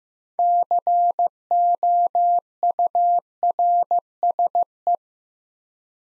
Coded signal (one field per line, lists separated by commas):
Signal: Morse code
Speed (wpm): 15 wpm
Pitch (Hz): 700 Hz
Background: none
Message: COURSE